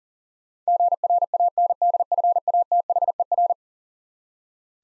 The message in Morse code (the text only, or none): GRANDFATHER